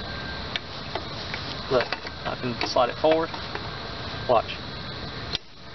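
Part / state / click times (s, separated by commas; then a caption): climbing stick section into hunting stand bracket / seated / 5.4 s. Someone talks while sliding a section of 2019 Hawk Helium climbing sticks forward into the bracket of an XOP Vanish lock-on hunting stand so the two nest together. A single sharp tick at 5.4 s marks the climbing stick section locking in place.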